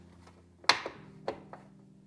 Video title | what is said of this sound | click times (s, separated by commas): 🛠️ TIPS & TRICKS : VENTILATION | Men sørg altid for at holde en hånd under, når du kan høre, at den er klikket på plads. | 0.7 s